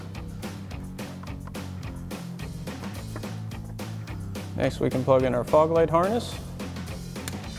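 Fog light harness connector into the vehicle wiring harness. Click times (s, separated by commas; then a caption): 7.3 s. The fog light harness connector is plugged into the vehicle wiring harness behind a new RedRock HD front bumper on a Jeep Wrangler JL. Background music plays and someone talks. A single sharp, short snap at 7.3 s marks the connector seating home.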